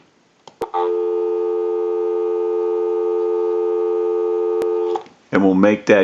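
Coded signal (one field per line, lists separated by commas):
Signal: telephone call progress tone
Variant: North America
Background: speech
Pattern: dial tone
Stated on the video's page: Heard on a three-slot payphone with bell box, under initial checkout and repair.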